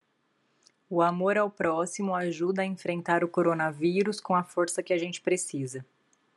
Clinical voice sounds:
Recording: spoken sentence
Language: Brazilian Portuguese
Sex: female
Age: 30 to 39 years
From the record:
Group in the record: control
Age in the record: 38 years

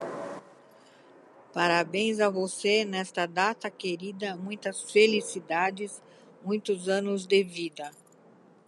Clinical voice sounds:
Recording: short text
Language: Brazilian Portuguese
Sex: female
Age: 70 to 79 years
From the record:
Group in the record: control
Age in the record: 70 years

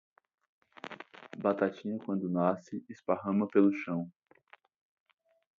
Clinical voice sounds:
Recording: short text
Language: Brazilian Portuguese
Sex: male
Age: 18 to 19 years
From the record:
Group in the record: control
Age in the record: 19 years

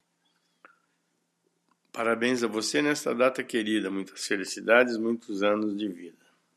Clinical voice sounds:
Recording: short text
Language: Brazilian Portuguese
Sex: male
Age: 60 to 69 years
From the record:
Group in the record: control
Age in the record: 68 years

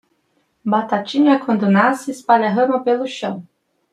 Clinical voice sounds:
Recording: short text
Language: Brazilian Portuguese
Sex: female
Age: 30 to 39 years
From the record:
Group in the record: control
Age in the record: 31 years

